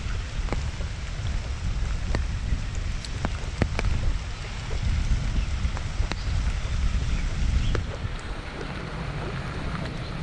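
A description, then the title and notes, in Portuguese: Rain in a city park, heard while walking: a steady dense patter with a heavy low rumble of wind and traffic underneath. Sharp drips and taps stand out every second or so, especially around the three- to four-second mark and near six seconds. Caminhando na chuva no Central Park em Manhattan Nova York. NYC Nature Rain Sounds ASMR.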